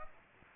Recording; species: mosquito wingbeat signal from an infrared sensor; Aedes aegypti